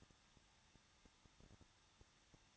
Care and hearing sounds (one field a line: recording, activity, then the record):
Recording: daily activity, microphone in the room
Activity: no activity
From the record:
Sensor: 3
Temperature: 21.2 degrees Celsius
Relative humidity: 36.2%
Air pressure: 1006.4 hPa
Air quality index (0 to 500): 221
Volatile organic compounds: 40 ppm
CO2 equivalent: 3142 ppm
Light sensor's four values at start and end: 2/3/2/2 and 2/3/2/2